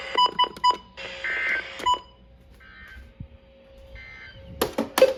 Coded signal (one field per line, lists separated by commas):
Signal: Emergency Alert System (SAME) tones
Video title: August's Early Arrival Alerts - Alerts from 8/2/24 - 8/4/24 (EAS #1175 - 1204)